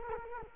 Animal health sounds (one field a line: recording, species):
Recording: mosquito wingbeat signal from an infrared sensor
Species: Culex quinquefasciatus